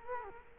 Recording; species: mosquito wingbeat signal from an infrared sensor; Culex quinquefasciatus